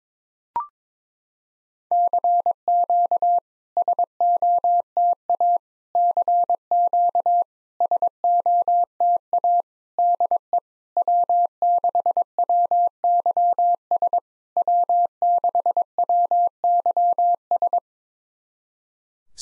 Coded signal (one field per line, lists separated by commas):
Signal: Morse code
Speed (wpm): 22 wpm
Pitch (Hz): 700 Hz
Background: none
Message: CQ SOTA CQ SOTA DE W6WYS W6WYS